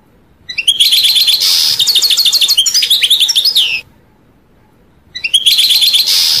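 European goldfinch song, rich twittering with buzzy wheezes and tinkling trills lasting about three seconds, then a pause and another buzzy twittered phrase.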